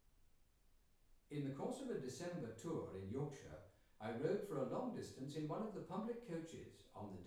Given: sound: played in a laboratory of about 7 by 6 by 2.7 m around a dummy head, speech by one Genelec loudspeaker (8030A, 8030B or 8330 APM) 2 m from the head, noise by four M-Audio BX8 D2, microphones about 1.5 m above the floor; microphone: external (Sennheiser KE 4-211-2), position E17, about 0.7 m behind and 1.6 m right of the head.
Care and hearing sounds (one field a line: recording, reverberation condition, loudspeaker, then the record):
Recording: male speech in English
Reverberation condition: medium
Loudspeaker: 30 degrees to the right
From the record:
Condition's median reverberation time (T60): about 510 ms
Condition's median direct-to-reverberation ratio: about -0.5 dB